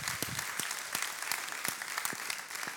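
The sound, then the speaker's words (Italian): An audience at an evening church service applauds steadily for the people who went to the sea that day, a dense wash of many hands clapping with a few sharper individual claps standing out, sustained at an even, fairly loud level without any talking. “Vogliamo fare un applauso a tutte le persone che sono andate al mare oggi e che sono qui questa sera.”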